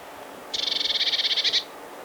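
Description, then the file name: Eurasian blue tit giving a dry churring call, a rapid rattle of many clipped high pulses lasting just over a second, over faint steady background hiss. "Cyanistes caeruleus"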